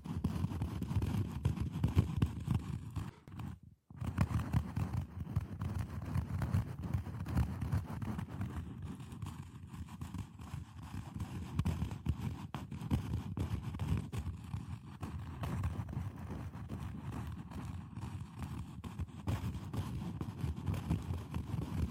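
Scratching on boxes and hollow objects, a dense, continuous rasping with a heavy low, hollow rumble and quick irregular strokes throughout. Near the four-second mark the sound cuts out for a brief moment, then the scratching resumes at a fairly even level until the end.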